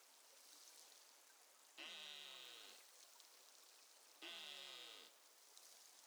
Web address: BELUGA Baffin north 20150719 T 130650 Z